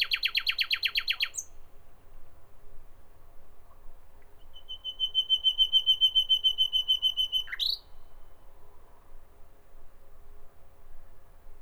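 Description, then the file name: Common nightingale delivering a rapid rattling burst, then after a pause a steadily repeated whistled note that swells in loudness and ends with an upward sweep. "Nachtigall"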